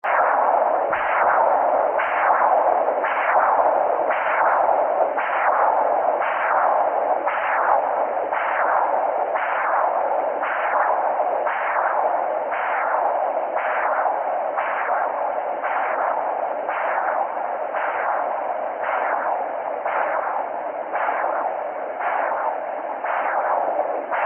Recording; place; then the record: Doppler ultrasound of blood flow; carotid artery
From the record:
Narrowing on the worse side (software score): severe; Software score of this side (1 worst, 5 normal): 3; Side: left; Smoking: never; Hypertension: no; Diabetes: no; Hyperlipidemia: no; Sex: male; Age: 20 years